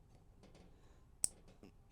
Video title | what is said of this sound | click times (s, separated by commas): 22+ BRZ/GR86 gets new 4th brake light installed | which is really easy cuz it has a better connector so you're going to hear the little click | 1.2 s